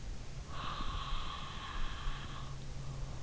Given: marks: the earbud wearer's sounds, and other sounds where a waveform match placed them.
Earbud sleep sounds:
sounds in sleep by an in-ear microphone; breath
0.19-3.05 s: breath

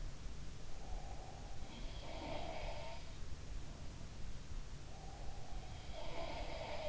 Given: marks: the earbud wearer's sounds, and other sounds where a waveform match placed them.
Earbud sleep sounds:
sounds in sleep by an in-ear microphone; breath
0.77-3.10 s: breath
1.89-3.10 s: sound from someone else or the room
4.91-6.89 s: sound from someone else or the room

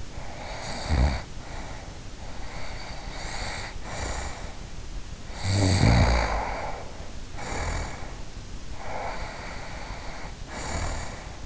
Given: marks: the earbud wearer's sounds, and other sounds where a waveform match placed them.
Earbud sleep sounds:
sounds in sleep by an in-ear microphone; snoring breath
0.00-2.01 s: snoring breath
2.27-4.61 s: snoring breath
5.23-8.25 s: snoring breath
8.71-11.46 s: snoring breath

